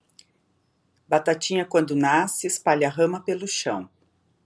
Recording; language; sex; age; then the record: short text; Brazilian Portuguese; male; 50 to 59 years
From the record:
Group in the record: control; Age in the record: 56 years